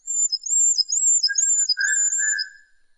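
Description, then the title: Horsfield's bush lark producing high, sliding whistles that step between two pitches, joined midway by a lower, burry whistled note. "Suara Burung Branjangan"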